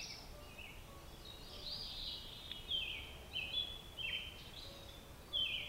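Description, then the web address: Robin singing clear, slurred whistled phrases with short gaps between them, and a quiet hiss of background noise throughout. "Sounds of Nature Robins"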